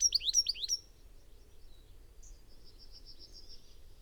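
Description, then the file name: European goldfinch giving a short quick burst of sharp chirping notes, followed by a faint high trill lasting a couple of seconds. "Carduelis carduelis"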